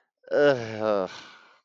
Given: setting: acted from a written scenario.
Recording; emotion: vocal sound without words; embarrassment